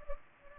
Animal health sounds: mosquito wingbeat signal from an infrared sensor; Culex pipiens

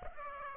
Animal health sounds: mosquito wingbeat signal from an infrared sensor; Aedes aegypti

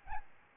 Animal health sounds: mosquito wingbeat signal from an infrared sensor; Aedes albopictus

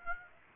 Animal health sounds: mosquito wingbeat signal from an infrared sensor; Aedes aegypti

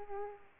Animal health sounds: mosquito wingbeat signal from an infrared sensor; Aedes aegypti

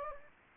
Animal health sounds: mosquito wingbeat signal from an infrared sensor; Anopheles gambiae

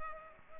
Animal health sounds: mosquito wingbeat signal from an infrared sensor; Culex pipiens

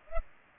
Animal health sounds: mosquito wingbeat signal from an infrared sensor; Culex pipiens

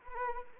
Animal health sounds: mosquito wingbeat signal from an infrared sensor; Anopheles arabiensis

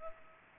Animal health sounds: mosquito wingbeat signal from an infrared sensor; Culex pipiens

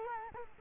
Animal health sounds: mosquito wingbeat signal from an infrared sensor; Culex quinquefasciatus

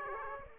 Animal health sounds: mosquito wingbeat signal from an infrared sensor; Aedes aegypti

